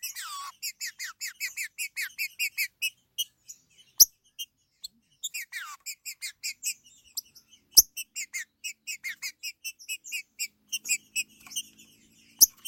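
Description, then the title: Green-winged saltator song: a rapid run of bright, high chirped notes in bursts, with a few sharp clicks between phrases. "Trinca Ferro"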